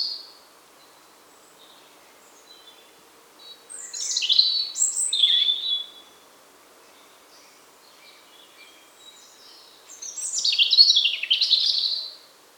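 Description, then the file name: European robin song: two high, varied warbling phrases of twittering and thin whistled notes, separated by a long pause with faint soft notes between. "Erithacus rubecula"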